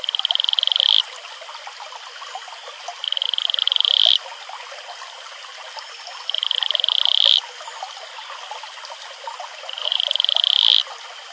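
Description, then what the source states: Atelopus franciscus: four high, pulsed trills, each about a second long, repeated roughly every three seconds over steady background noise. Male; advertisement call.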